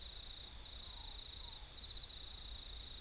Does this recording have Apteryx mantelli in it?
no